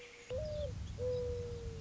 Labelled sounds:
Mourning Dove

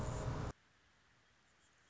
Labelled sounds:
Anna's Hummingbird

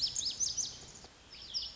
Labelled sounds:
Lazuli Bunting

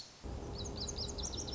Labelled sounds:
Lazuli Bunting

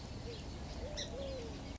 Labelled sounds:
Song Sparrow

